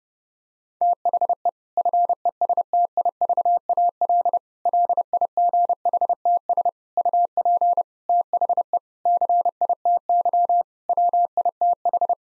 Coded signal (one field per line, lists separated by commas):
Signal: Morse code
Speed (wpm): 30 wpm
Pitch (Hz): 700 Hz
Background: none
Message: THE FESTIVAL LIGHTS UP THE CITY WITH